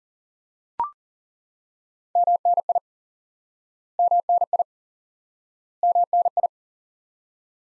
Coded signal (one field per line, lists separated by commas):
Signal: Morse code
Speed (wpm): 40 wpm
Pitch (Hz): 700 Hz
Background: none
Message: MNI MNI MNI